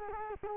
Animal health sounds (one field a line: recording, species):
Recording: mosquito wingbeat signal from an infrared sensor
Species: Culex quinquefasciatus